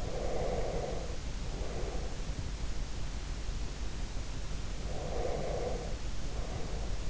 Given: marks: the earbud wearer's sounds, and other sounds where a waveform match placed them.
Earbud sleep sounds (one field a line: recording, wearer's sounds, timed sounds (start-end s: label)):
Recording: sounds in sleep by an in-ear microphone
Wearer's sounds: breath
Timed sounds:
0.02-2.23 s: breath
4.70-7.10 s: breath